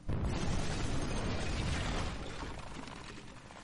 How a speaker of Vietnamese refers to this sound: Mấy người còn đang nghị luận, đột nhiên, nghe trong hư không truyền tới một tiếng nổ kinh thiên động địa.